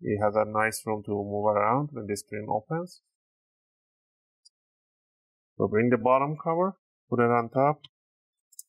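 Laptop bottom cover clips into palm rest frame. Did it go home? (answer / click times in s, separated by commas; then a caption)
yes / 8.5 s, 8.6 s. Someone talks while the plastic bottom cover of a Lenovo Ideapad 3 15IML05 (81WB) laptop is laid over the palm rest frame during a hinge repair and squeezed down. Faint sharp clicks at 8.5 and 8.6 seconds mark the edge clips snapping into place, seating the cover.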